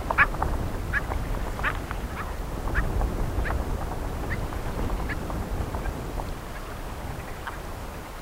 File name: redgrouse